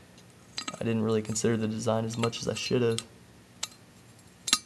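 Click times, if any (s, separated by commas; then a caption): 4.5 s. Someone talks while handling a handmade ceramic teapot, with faint clinks around 0.6 s and 3.6 s. At 4.5 s the ceramic lid is fitted onto the teapot body and gives a sharp ceramic clink as its lever latch catches. The lid clips into place and is locked so it won't fall out.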